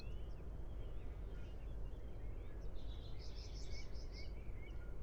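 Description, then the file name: Common chaffinch giving a short, fast run of high, bright notes in the second half, over a steady low rumbling background noise. "Fringilla coelebs"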